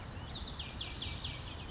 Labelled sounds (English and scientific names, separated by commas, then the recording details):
Western Flycatcher (Empidonax difficilis)
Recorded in Sonoma County, California